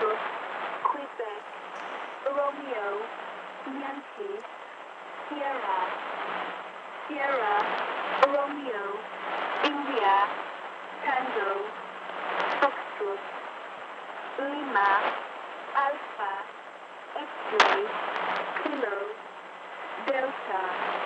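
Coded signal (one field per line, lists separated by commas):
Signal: numbers station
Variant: E10, English phonetic alphabet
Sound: female voice reading phonetic alphabet letters in evenly spaced groups through hiss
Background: radio static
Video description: This numbers station is believed to be operated by Israel's Mossad for communication with its spies working abroad.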